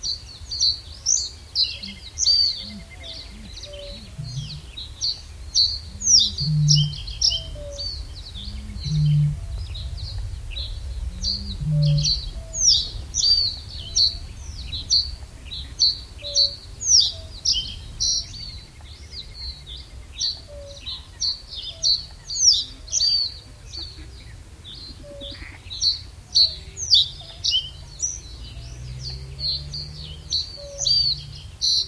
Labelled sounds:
Reed Bunting

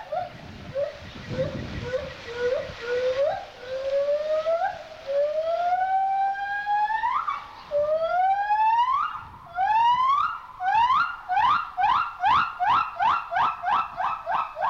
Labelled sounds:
Silvery Javan Gibbon

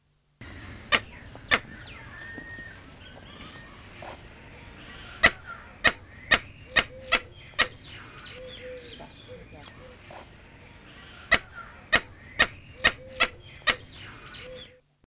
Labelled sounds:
Hooded Mountain Toucan call

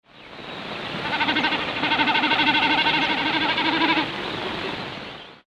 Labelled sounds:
Common Snipe

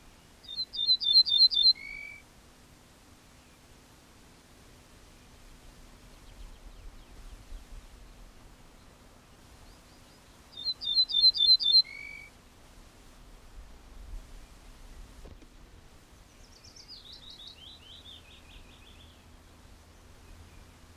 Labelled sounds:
Ortolan Bunting song

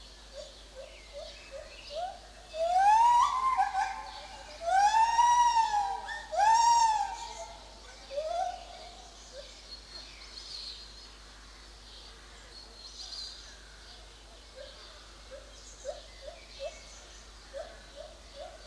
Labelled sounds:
Lar Gibbon

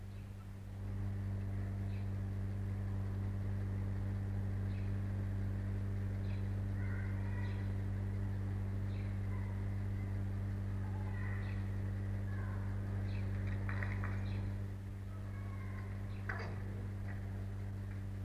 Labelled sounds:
Arctic Fox

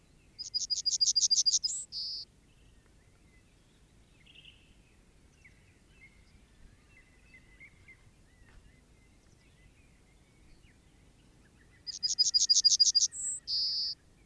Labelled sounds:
Yellowhammer

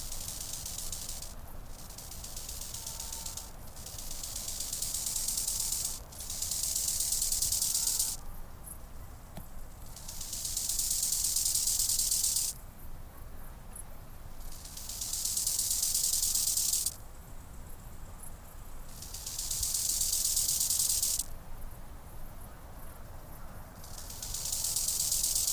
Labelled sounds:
Bow-winged Grasshopper stridulation

